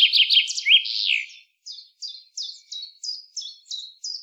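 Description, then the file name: Common chaffinch song ending in a quick flourish, then a steady series of short, high, clipped notes repeated roughly every third of a second. "Fringilla coelebs"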